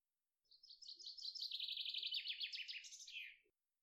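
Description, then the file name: Common chaffinch singing one rattling phrase of quick notes that step downward and close with an ornamented ending, with a few faint low soft sounds behind. "Fringilla coelebs"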